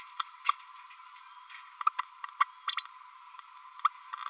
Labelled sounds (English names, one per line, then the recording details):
Green-rumped Parrotlet babbling
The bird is a male
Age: 32 days
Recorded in a nest box in Venezuela
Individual 17B32A6